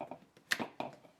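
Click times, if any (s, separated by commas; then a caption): 0.5 s. The restored head of a vintage Fray bit brace is pressed back onto the brace body during reassembly. A sharp, very short snap at 0.5 s marks the head seating back into place, with softer knocks around it, including a firm one at 0.8 s.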